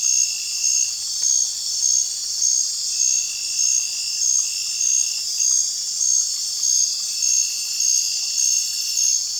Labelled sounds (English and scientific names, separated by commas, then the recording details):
none
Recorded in dense forest near Puerto Asís, Putumayo, Colombia, on 21 December 2024 at 19:30
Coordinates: 0.467, -76.328
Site GP05